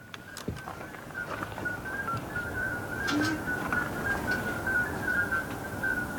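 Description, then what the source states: Common midwife toad chorus, many high, short piping notes from several toads overlapping, over faint background noise. Chorus on a summer evening before full dark in a garden in central Utrecht, Netherlands; males carry the eggs; calls described as high peeps or whistles, fairly loud.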